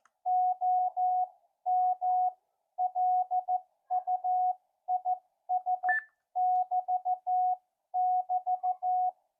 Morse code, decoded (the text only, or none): OM LUIS<BT><BT>